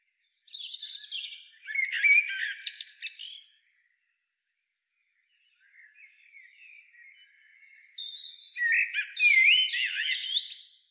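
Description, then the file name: Common blackbird song: a warbled phrase with squeaky high notes, a silent gap, then a soft warble that swells into a loud twittering phrase. "Turdus merula"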